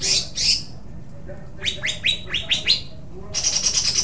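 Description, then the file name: Greater green leafbird song opening with two harsh rattles, then a run of several sharp falling whistles, ending in a dry buzzy trill. Cucak hijau song with tembakan phrases and parakeet-style besetan phrases, from an Indonesian bird-training recording (omkicau). "cucak hijau dengan tembakan dan besetan parkit"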